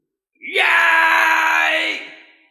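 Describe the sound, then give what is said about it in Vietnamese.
A single loud, drawn-out roar, rough and strongly voiced, surging in abruptly, holding steady for over a second, then fading away, with no speech around it. “Kèm theo tiếng gầm lớn, nơi đó có máu rơi xuống, bàn tay của Ngao Thịnh tiên vương chảy máu, pháp thể của hắn cũng bị hoang chấn lay động, pháp tướng khổng lồ đụng phá vũ trụ.”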